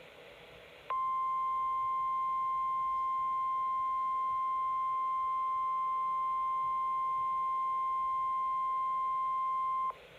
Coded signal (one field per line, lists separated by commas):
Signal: Emergency Alert System (SAME) tones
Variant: 1050 Hz attention tone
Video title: EAS Capture #82 - NWR Required Weekly Test